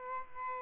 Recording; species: mosquito wingbeat signal from an infrared sensor; Aedes albopictus